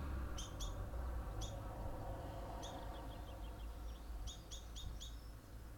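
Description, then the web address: Birds give scattered high chirps, singly and in small groups, partly masked by loud, constant low traffic roar. Songs with cars passing by. "pdsounds sounds birds songs and cars passing by"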